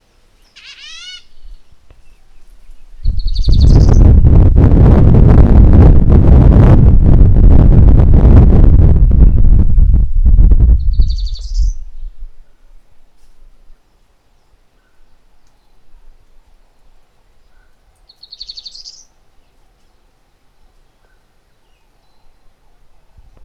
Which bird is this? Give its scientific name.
Emberiza tahapisi